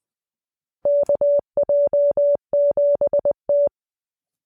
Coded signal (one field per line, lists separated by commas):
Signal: Morse code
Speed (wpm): 20 wpm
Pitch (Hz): 580 Hz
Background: none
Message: KJ7T